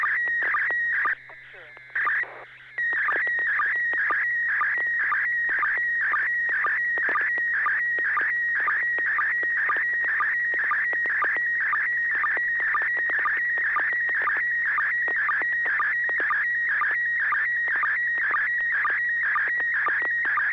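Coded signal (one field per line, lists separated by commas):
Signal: SSTV (slow-scan television)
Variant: PD120 mode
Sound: warbling, buzzy tone shifting pitch, with rhythmic clicks about twice a second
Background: steady low hum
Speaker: okay this will be a pd120 n6wlm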